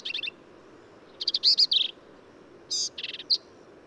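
Black-capped vireo singing rapid, scratchy phrases of clipped high notes and buzzy slurs, each phrase a second or less, with short gaps between them.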